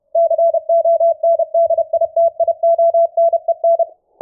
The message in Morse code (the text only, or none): CONDITIONEN